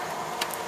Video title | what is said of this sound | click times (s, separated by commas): Velocity Tech Solutions - How to Install a System Board in a PowerEdge 2950 | and push all the way in and then down and it should click into place and then that should be all set | 0.4 s, 0.5 s